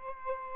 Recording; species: mosquito wingbeat signal from an infrared sensor; Aedes albopictus